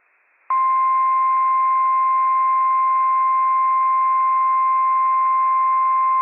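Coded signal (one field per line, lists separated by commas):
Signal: Emergency Alert System (SAME) tones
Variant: 1050 Hz attention tone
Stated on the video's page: NOAA Weather Radio required weekly test from NWS Pendleton, Oregon, for Washington counties; operational EAS tones, recorded at doubled bitrate.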